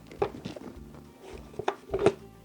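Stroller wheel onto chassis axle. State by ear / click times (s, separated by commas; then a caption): seated / 1.7 s. The second rear wheel of a 2018 Nuna Demi Grow stroller is pushed onto the chassis axle. After a few soft handling thumps, a sharp click at 1.7 s shows the wheel seating onto the axle with no problem.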